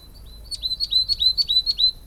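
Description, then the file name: Coal tit calling, a run of about five thin, high notes, each a quick sharp downstroke then a level whistled tail, evenly spaced. "tit-coal -Periparus-ater"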